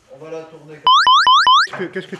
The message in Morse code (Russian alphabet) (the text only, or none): none